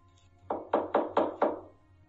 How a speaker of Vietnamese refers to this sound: Một năm trước, Hòa đang ngồi đọc lại hồ sơ một vụ án được tổng hợp của một cán bộ, thì bỗng có tiếng gõ cửa.